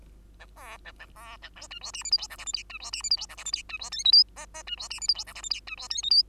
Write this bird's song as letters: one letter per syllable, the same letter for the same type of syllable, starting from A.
A B A A B A C D E F G H I J K L M D E F G H I J K L M D E N O P Q Q D E F G H I J K L M D E N O P